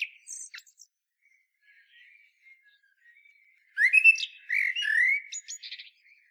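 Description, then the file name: Common blackbird song: a brief high chatter, quiet low warbling, then a loud fluty whistled phrase ending in squeaky high twitters. "Turdus merula"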